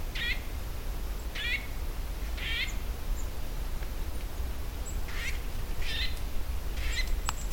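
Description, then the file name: Eurasian nuthatch uttering six short nasal call notes over a constant low background rumble, with a faint high note near the end. "Sitta europaea"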